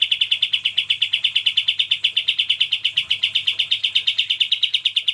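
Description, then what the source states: Bulbul trill: a continuous rapid series of sharp repeated notes, steady in pitch and loudness throughout. Used for training songbirds.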